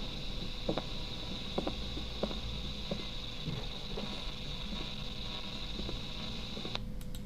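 Faint, regular heart sounds at roughly 90 beats a minute, each with a short, sharp extra sound, over a steady background hiss. This is a diastolic pericardial knock, an early diastolic sound typical of constrictive pericarditis.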